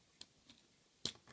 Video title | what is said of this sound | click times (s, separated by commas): Transformers Generations RoadBuster Review | and collapse it in there and it'll snap right in | 1.1 s